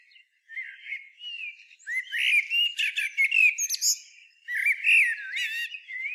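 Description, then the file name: Common blackbird singing mellow, slurred fluty notes broken by sharp high twitters, in a few phrases with short gaps. "Turdus merula"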